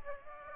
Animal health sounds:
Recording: mosquito wingbeat signal from an infrared sensor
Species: Aedes aegypti

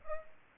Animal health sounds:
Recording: mosquito wingbeat signal from an infrared sensor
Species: Aedes aegypti

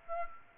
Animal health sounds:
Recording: mosquito wingbeat signal from an infrared sensor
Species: Aedes aegypti

